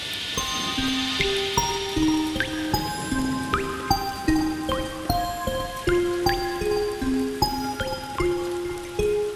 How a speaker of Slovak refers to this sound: Na druhý deň tiež pršalo. A tretí deň zas.